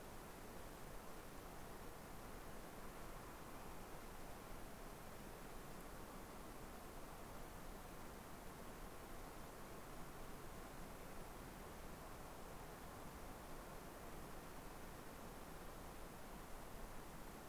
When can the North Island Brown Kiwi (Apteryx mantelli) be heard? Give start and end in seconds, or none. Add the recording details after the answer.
none. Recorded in New Zealand on 3 November 2013. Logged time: 01:58. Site CV71